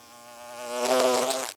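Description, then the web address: Bee wing buzz, a steady low droning hum with rich overtones that swells louder through the second half, then cuts off abruptly. Bee flying past on buzzing wings and landing. "Blastwave. Bee, Fly, By, Wings, Land, Insect, Bug"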